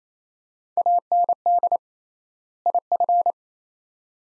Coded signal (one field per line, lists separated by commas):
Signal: Morse code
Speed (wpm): 28 wpm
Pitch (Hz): 700 Hz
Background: none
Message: AND IF